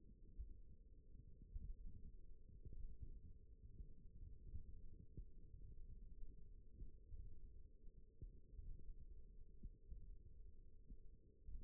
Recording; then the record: forearm muscle sounds (acoustic myography)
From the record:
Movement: thumb flexion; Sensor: system 1, eight BSWA MPA416 microphones around the upper forearm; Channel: 2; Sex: female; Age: 20 years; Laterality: right